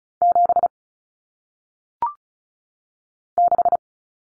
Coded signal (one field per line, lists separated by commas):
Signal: Morse code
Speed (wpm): 36 wpm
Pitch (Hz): 700 Hz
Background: none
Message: 7 6